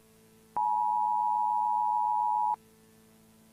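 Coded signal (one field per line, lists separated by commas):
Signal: Emergency Alert System (SAME) tones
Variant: 853 and 960 Hz attention tone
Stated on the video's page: Fictional tsunami alert; simulated, not a real event.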